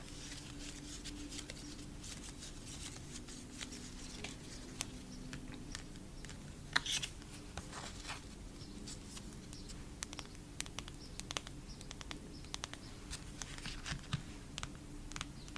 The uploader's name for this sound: photocard tapping